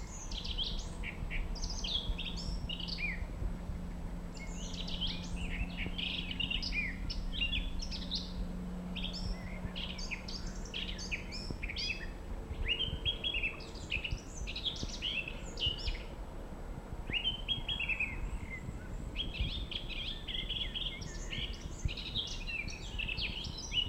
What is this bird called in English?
Eurasian Blackcap